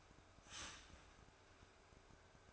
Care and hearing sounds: daily activity, microphone in the room; start toaster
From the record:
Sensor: 2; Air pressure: 1014.5 hPa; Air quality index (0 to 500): 194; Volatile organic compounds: 19 ppm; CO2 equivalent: 2657 ppm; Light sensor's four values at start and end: 4/10/3/4 and 4/10/3/4

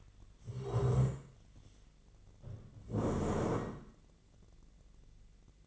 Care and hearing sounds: daily activity, microphone in the room; stand up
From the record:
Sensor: 4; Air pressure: 1013.1 hPa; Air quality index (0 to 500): 170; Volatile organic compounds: 2 ppm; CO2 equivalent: 1080 ppm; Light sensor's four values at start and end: 53/130/55/59 and 53/131/55/59

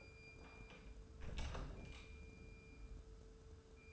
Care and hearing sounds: daily activity, microphone in the room; close door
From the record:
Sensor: 2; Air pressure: 1015.1 hPa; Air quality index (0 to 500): 120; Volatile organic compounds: 3 ppm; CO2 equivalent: 1534 ppm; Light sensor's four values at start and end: 13/35/14/15 and 13/35/14/15

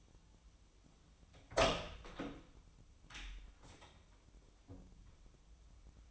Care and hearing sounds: daily activity, microphone in the room; open door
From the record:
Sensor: 1

